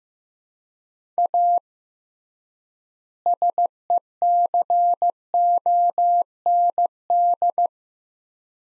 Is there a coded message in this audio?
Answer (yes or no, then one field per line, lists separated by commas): yes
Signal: Morse code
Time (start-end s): 1.2-7.7 s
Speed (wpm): 15 wpm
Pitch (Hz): 700 Hz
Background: none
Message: A SECOND